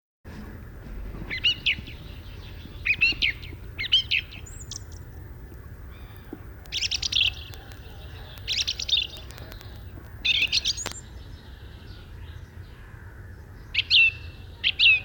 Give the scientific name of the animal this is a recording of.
Turdus philomelos